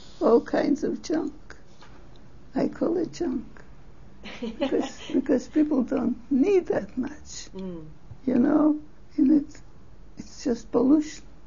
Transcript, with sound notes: all kinds of junk. I call it junk. (laughs) Because people don't need that much, you know. It's just pollution.